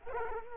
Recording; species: mosquito wingbeat signal from an infrared sensor; Culex quinquefasciatus